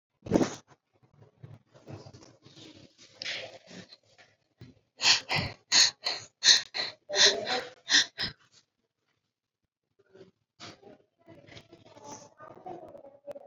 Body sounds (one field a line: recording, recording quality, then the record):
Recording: shallow breathing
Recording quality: excellent, no background noise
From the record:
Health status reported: COVID-19 positive, mild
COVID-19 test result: positive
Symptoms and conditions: breathing difficulty, fatigue, hypertension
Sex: female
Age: 62 years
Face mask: not worn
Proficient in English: yes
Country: India